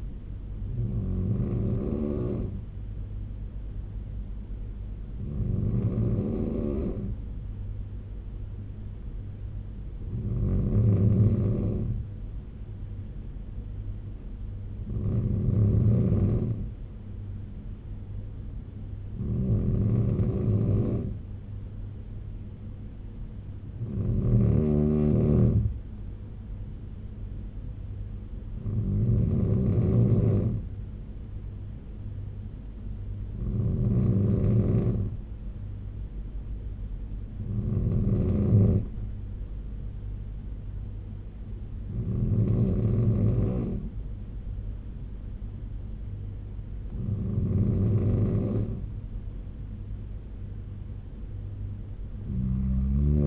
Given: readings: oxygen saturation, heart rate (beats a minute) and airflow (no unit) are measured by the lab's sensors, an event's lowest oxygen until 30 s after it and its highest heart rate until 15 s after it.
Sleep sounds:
breathing in sleep by a smartphone at the bedside; none
none scored
From the record:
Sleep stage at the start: N3 (deep sleep); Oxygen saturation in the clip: 93 to 95%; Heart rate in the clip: 66 to 73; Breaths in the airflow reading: 11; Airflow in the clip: -4.7 to 4.9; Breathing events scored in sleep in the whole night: 201 in 6.5 hours asleep

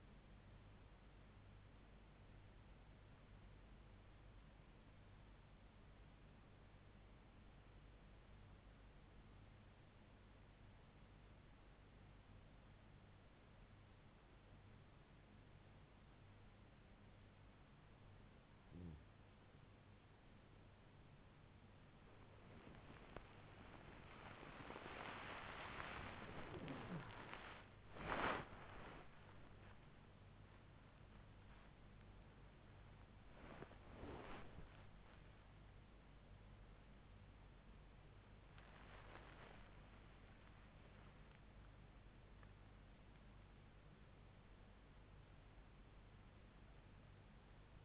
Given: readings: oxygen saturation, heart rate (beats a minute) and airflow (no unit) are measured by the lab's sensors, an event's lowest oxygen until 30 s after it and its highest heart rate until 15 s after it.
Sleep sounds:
a person awake in a sleep study, by a voice recorder at the bedside; 1
4.00-27.30 s: hypopnea (REM, oxygen 97% highest, then 96% lowest, heart rate 72 at the start, 85 highest)
17.00-47.85 s: new sleep stage, awake
From the record:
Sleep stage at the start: REM sleep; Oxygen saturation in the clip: 96 to 97%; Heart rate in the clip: 70 to 85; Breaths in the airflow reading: 14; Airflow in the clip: -7.3 to 7.0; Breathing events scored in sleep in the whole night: 158 in 7.3 hours asleep

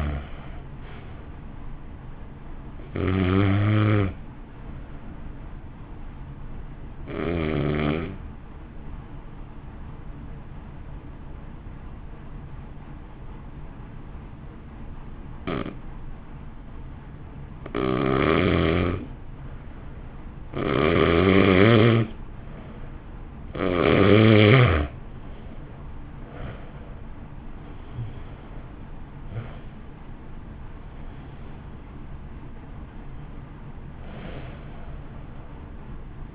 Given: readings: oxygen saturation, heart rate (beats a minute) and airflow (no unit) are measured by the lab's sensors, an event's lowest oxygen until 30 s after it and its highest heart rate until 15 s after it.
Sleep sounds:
breathing in sleep by a smartphone at the bedside; 1
4.00-21.80 s: hypopnea (N1, oxygen 95% highest, then 88% lowest, heart rate 54 at the start, 62 highest)
From the record:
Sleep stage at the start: N1 (lightest sleep); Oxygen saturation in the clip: 85 to 95%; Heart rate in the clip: 50 to 62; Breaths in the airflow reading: 12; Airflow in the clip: -1.2 to 1.5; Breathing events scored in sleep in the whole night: 328 in 6.3 hours asleep

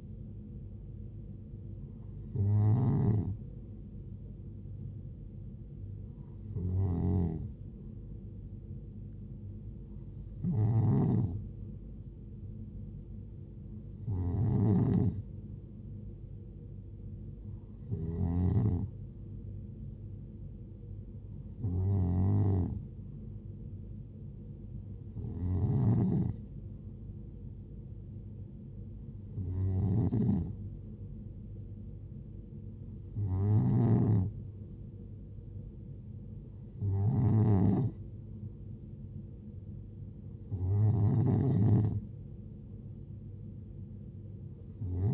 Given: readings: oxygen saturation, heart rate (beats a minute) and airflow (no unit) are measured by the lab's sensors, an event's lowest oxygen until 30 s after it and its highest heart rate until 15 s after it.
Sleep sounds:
breathing in sleep by a smartphone at the bedside; none
none scored
From the record:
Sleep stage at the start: N2 (light sleep); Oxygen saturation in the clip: 91 to 93%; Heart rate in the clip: 67 to 74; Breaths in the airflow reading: 12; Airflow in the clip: -6.6 to 4.0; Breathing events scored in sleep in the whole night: 389 in 6.3 hours asleep

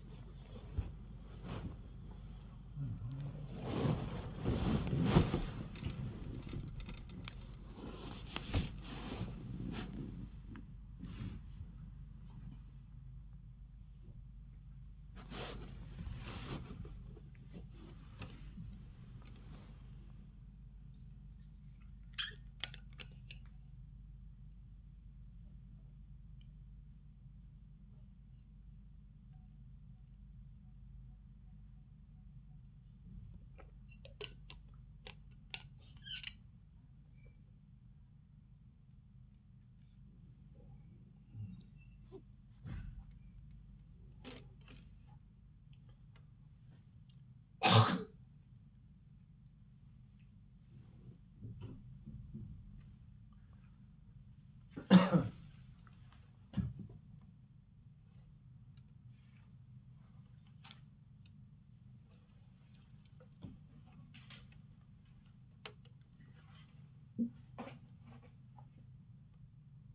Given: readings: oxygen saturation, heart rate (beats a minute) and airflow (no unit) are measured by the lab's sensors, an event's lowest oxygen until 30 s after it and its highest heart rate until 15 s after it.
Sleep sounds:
a person awake in a sleep study, by a smartphone at the bedside; none
0.00-69.95 s: awake
From the record:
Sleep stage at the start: awake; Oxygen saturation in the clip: 94 to 96%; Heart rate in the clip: 78 to 93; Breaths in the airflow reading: 22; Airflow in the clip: -9.7 to 8.3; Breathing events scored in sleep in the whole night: 270 in 6.1 hours asleep

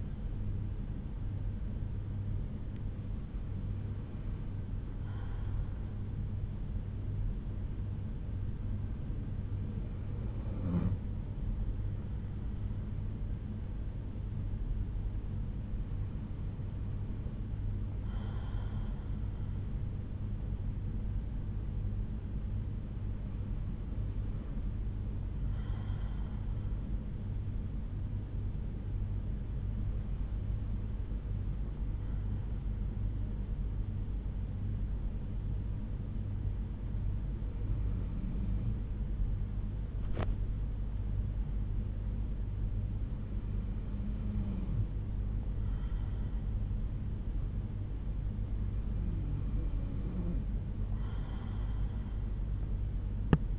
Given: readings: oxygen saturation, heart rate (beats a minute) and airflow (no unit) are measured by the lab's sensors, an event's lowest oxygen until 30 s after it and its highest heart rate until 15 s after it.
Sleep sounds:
breathing in sleep by a smartphone at the bedside; none
none scored
From the record:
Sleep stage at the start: N2 (light sleep); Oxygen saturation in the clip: 93 to 94%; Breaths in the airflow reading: 8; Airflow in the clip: -5.5 to 4.5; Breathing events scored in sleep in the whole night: 368 in 8.0 hours asleep

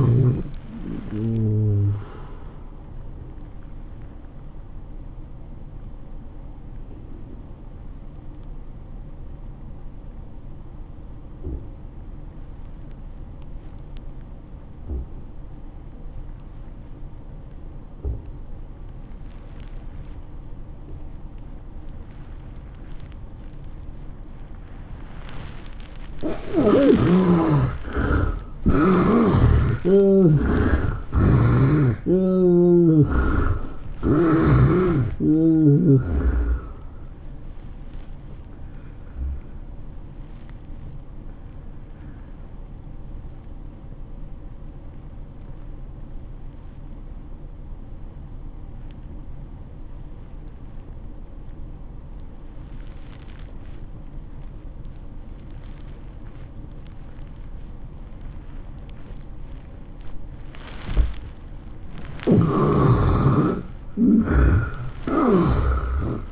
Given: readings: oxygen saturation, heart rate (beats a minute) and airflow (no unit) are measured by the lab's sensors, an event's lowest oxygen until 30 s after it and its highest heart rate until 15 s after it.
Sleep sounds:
breathing in sleep by a smartphone at the bedside; 2
3.00-27.40 s: obstructive apnea (N1, oxygen 97% highest, then 73% lowest, heart rate 108 at the start, 109 highest)
38.00-62.30 s: obstructive apnea (N1, oxygen 96% highest, then 71% lowest, heart rate 108 at the start, 111 highest)
From the record:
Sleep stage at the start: N1 (lightest sleep); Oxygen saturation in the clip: 73 to 97%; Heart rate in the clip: 78 to 112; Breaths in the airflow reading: 8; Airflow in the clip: -11.5 to 11.0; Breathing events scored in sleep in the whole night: 403 in 5.5 hours asleep

